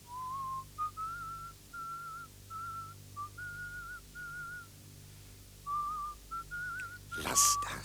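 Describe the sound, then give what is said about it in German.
Soft, steady whistling of a slow melody, a string of sustained notes wavering gently in pitch with brief pauses between phrases, ending with a short burst of noise. “Dann, als sie aufhört, pfeife ich die Melodie weiter, leise, fast unhörbar.”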